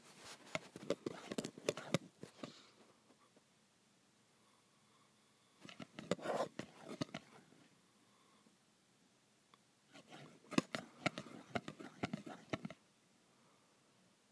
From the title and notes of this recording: ASMR Graphite on Metal.